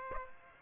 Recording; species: mosquito wingbeat signal from an infrared sensor; Aedes aegypti